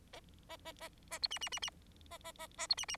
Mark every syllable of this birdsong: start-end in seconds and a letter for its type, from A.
0.13-0.20 A, 0.49-0.56 A, 0.65-0.72 A, 0.80-0.89 A, 1.11-1.19 A, 1.22-1.27 B, 1.31-1.38 C, 1.41-1.49 C, 1.52-1.59 C, 1.62-1.70 C, 2.10-2.18 A, 2.24-2.32 A, 2.38-2.47 A, 2.57-2.67 A, 2.69-2.75 B, 2.77-2.85 C, 2.88-2.96 C